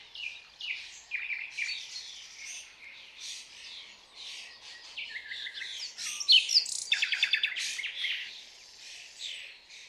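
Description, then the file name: Common nightingale song, continuous busy chatter of short notes leading to a loud, fast run of repeated notes near the end. "Luscinia megarhynchos"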